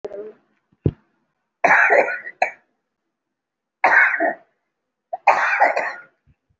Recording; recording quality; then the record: heavy voluntary cough; excellent, no background noise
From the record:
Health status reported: recovered from COVID-19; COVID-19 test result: positive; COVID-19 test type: RT-PCR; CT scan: taken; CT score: 2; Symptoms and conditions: cough, cold, breathing difficulty, sore throat, fatigue, muscle pain, asthma, another respiratory illness, hypertension, diabetes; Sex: female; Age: 49 years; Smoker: no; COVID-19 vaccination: both doses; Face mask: worn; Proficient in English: no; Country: India